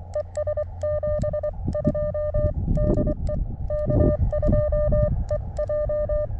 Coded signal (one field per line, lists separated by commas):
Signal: Morse code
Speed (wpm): 23 wpm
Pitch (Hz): 590 Hz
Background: none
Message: ES 72 DE K2EJ